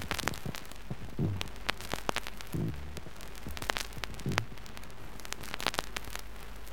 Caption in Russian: Грубый шум трения плевры.